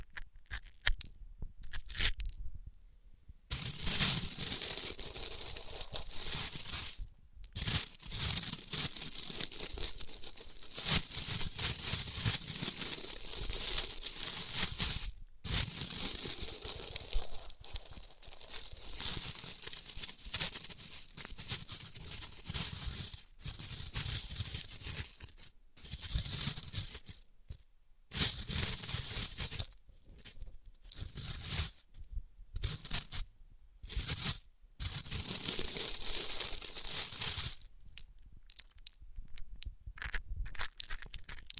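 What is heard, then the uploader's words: A band-aid being ripped off in a run of dry, crackly tearing sounds that hiss brightly and keep going for several seconds at a stretch. Short silent gaps break it up, growing more frequent toward the end, with a few sharp crinkles scattered throughout. ASMR Ripping Off the Band Aid (No Talking).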